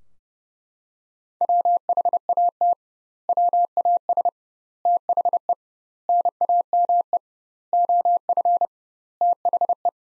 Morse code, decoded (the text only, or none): WHAT WAS THE NAME OF THE